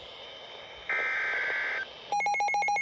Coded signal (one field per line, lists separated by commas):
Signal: Emergency Alert System (SAME) tones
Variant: header bursts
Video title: EAS #3266 Severe Thunderstorm Warning on KXI41